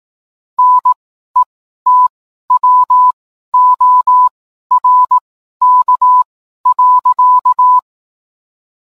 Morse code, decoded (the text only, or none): NETWORK.